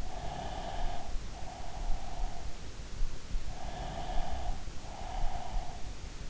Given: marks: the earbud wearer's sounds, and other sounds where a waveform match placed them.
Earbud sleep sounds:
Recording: sounds in sleep by an in-ear microphone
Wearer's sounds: breath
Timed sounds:
0.38-2.90 s: breath
3.58-6.03 s: breath

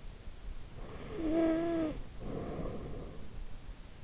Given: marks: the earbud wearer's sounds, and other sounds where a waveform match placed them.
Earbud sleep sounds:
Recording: sounds in sleep by an in-ear microphone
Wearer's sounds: snoring breath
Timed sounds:
0.72-3.29 s: snoring breath

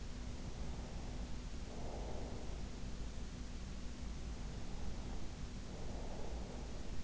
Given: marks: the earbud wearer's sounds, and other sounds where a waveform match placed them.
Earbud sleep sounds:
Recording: sounds in sleep by an in-ear microphone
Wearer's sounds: breath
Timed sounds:
0.10-2.76 s: breath
4.22-7.04 s: breath

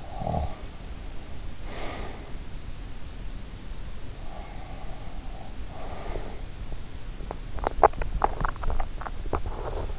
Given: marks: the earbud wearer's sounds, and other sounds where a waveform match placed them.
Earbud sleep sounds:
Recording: sounds in sleep by an in-ear microphone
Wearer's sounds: snoring breath, breath, swallowing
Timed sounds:
0.00-0.71 s: snoring breath
1.64-2.42 s: breath
7.30-9.95 s: swallowing

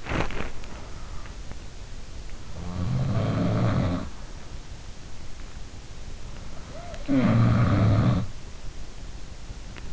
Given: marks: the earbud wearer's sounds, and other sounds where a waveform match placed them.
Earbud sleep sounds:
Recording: sounds in sleep by an in-ear microphone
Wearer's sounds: body movement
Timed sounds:
0.00-0.71 s: body movement
2.42-4.51 s: sound from someone else or the room
6.38-8.27 s: sound from someone else or the room

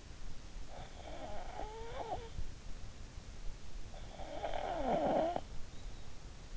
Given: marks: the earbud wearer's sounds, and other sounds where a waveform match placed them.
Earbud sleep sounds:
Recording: sounds in sleep by an in-ear microphone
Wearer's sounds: snoring breath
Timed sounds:
0.38-2.56 s: snoring breath
3.95-5.77 s: snoring breath

